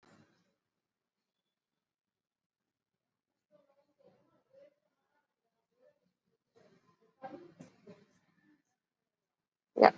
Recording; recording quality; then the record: deep breathing; poor, much background noise or distortion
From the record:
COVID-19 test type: RT-PCR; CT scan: not taken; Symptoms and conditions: cough, cold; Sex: male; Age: 20 years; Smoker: no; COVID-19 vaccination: both doses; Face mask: worn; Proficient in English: yes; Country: India